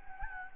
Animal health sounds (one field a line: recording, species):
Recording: mosquito wingbeat signal from an infrared sensor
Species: Anopheles gambiae